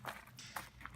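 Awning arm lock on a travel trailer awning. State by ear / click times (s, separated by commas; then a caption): not seated / none. Someone handles the lock on the second awning arm of a Jayco travel trailer awning, repeating the same locking step done on the other arm. Short, sharp taps and knocks land near 0.1, 0.6 and 0.9 seconds over a low, steady hum. Nothing has seated or clicked into place yet.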